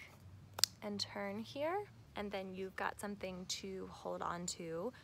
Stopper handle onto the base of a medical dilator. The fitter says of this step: it ours are pretty simple there is a little click and turn